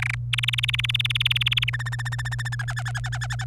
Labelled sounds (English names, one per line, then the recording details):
Domestic Canary song
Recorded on 27 April 2018 at 13:49
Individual llb3